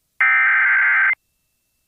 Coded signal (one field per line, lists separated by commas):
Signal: Emergency Alert System (SAME) tones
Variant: header bursts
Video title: [EAS] WQDR - Tornado Warning Activation (1) - 9/27/2024